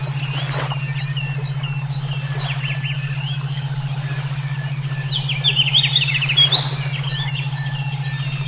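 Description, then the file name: Songbirds singing: bright chirps and short whistled phrases with a fast twittering run near the end, over a steady low pulsing hum. Brainwave therapy track for omkicau songbird training. "terapi brainwave omkicau"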